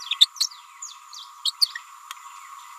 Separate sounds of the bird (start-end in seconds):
0.20-0.27, 0.40-0.48, 1.45-1.54